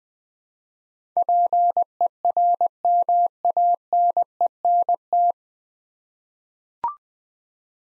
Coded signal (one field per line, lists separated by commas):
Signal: Morse code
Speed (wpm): 20 wpm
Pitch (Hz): 700 Hz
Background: none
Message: PERMANENT